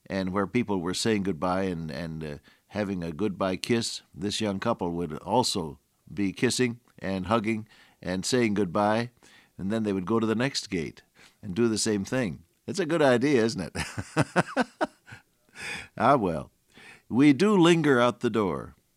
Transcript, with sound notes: and where people were saying goodbye and, and eh, having a goodbye kiss, this young couple would also be kissing and hugging and saying goodbye. And then they would go to the next gate and do the same thing. That’s a good idea, isn’t it? (hearty laugh) Ah well. We do linger out the door.